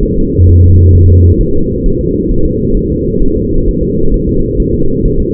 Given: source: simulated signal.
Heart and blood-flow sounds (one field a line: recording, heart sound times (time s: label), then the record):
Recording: fetal heart sounds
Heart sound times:
0.03 s: S1
0.18 s: S2
0.49 s: S1
0.64 s: S2
0.95 s: S1
1.10 s: S2
1.41 s: S1
1.56 s: S2
1.86 s: S1
2.01 s: S2
2.31 s: S1
2.46 s: S2
2.77 s: S1
2.92 s: S2
3.23 s: S1
3.37 s: S2
3.68 s: S1
3.83 s: S2
4.14 s: S1
4.29 s: S2
4.60 s: S1
4.74 s: S2
5.05 s: S1
5.20 s: S2
From the record:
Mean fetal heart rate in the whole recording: 130 bpm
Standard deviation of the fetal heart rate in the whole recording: 4 bpm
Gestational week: 38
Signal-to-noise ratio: -17.7 dB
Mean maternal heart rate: 72 bpm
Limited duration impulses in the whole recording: present